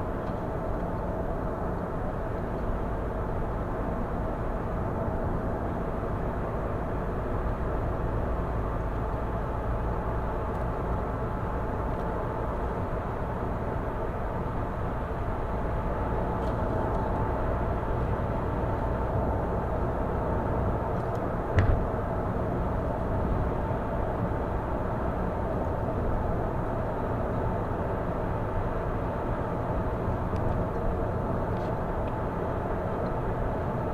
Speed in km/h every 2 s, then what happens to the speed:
69, 71, 74, 76, 79, 81, 81, 81, 83, 85, 86, 86, 86, 86, 84, 84, 82.
0-19 speeds up to 86. 19-34 steady at about 86.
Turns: none.